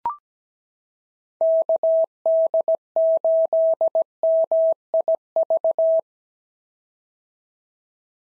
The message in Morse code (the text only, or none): KD8MIV